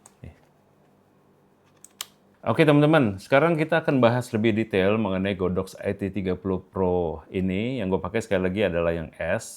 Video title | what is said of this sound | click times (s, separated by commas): Panduan Lengkap Godox IT30Pro: Setup, Pengaturan & Tips Terbaik! - Tutorial Panjang | Pasang enggak usah dipencet ya, sampai bunyi klek. Dengar ya. Nih. | 2.0 s